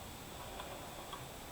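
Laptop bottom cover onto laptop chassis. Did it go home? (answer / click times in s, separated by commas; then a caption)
no / none. The bottom cover of an HP EliteBook 740 G5 laptop is set back onto the chassis and lined up before being pressed down, after a battery replacement. Only faint, soft handling ticks, near 0.6 s and 1.1 s, rise over a low steady background. Nothing has seated or clicked yet.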